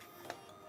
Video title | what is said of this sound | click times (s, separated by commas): $2800 Hyte Y70 Touch Starfield Build (Ryzen 7 7800x3D / Radeon RX 7900XTX) | like that, you know, so it stays, but it's not fully seated. | 0.3 s